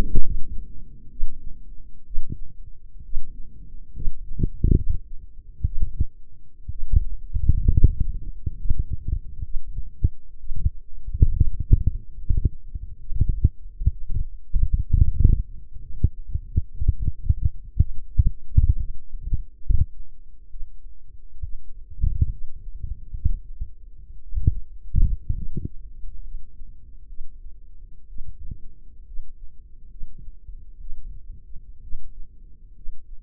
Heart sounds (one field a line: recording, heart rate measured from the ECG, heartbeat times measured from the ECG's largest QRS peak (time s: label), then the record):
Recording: heart sounds by microphone in the left ear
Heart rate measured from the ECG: 65 bpm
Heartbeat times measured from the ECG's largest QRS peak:
0.24 s: heartbeat
1.11 s: heartbeat
2.06 s: heartbeat
3.04 s: heartbeat
3.94 s: heartbeat
4.76 s: heartbeat
5.65 s: heartbeat
6.71 s: heartbeat
7.71 s: heartbeat
8.58 s: heartbeat
9.44 s: heartbeat
10.39 s: heartbeat
11.34 s: heartbeat
12.18 s: heartbeat
13.00 s: heartbeat
13.91 s: heartbeat
14.92 s: heartbeat
15.82 s: heartbeat
16.73 s: heartbeat
17.79 s: heartbeat
18.78 s: heartbeat
19.63 s: heartbeat
20.50 s: heartbeat
21.42 s: heartbeat
22.31 s: heartbeat
23.13 s: heartbeat
24.22 s: heartbeat
25.35 s: heartbeat
26.24 s: heartbeat
27.08 s: heartbeat
28.08 s: heartbeat
29.06 s: heartbeat
29.90 s: heartbeat
30.80 s: heartbeat
31.82 s: heartbeat
32.75 s: heartbeat
From the record:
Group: healthy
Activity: rest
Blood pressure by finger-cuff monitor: 111/68 mmHg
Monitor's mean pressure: 79 mmHg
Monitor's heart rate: 66 bpm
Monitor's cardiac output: 5.2 L/min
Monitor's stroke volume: 80 mL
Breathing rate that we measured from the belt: 17 breaths a minute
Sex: female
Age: 36 years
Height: 163 cm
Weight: 88 kg